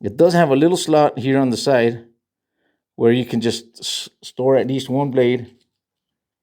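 Someone talks while handling a spare utility blade at the storage slot on the side of a Milwaukee 6-in-1 multi-tool knife handle, with short pauses between phrases. The blade has not yet been pushed home, and nothing has seated or clicked yet.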